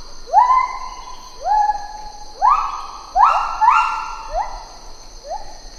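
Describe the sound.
Lar gibbon calls, rising whooping hoots with rapid upward slurs, given in a series, over a steady high hum.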